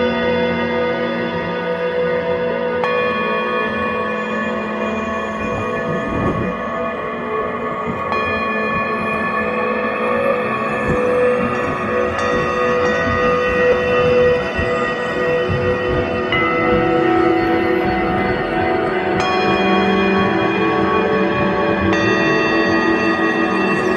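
A singing bowl improvisation: long, shimmering tones ring and overlap, with new strikes arriving every few seconds, around 3, 8, 12, 16, 19 and 22 seconds. The sound stays dense and steady in loudness, with a low rumbling hum underneath and bright ringing overtones above.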